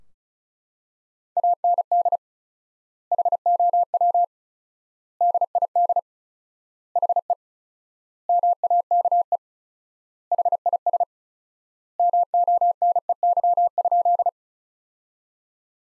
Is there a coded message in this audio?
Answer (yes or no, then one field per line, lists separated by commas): yes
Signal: Morse code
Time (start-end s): 1.4-14.3 s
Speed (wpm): 34 wpm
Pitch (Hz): 700 Hz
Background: none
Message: AND HOW DID HE MAKE HIS MONEY?